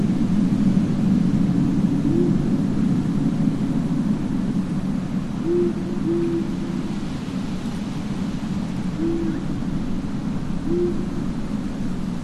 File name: zapsplat horror gravyard ambience night wind owl church bell